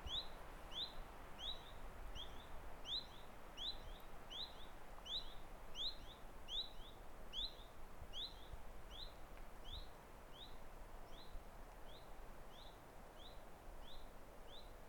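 Bird giving thin, high chirps in a quick steady series, sometimes doubled, against continuous low rumbling noise.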